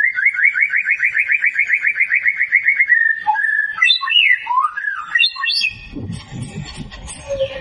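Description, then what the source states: White-rumped shama song: a rapid, even trill of repeated notes for about three seconds, then varied whistled slurs and chirps, ending with soft background rustle. Lure of a vigorously singing (gacor) bird, played to make the bird sing and respond.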